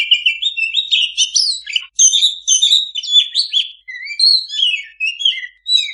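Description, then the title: Oriental magpie-robin delivering a lively, varied song of fluty whistles and harsh chattering fragments, with only short gaps between phrases. Master recording of a singing (gacor) kacer, meant for owners whose kacer do not sing (bisu). "mster Mnuk. Suara Masteran Kacer Gacor. Kacer Bisu"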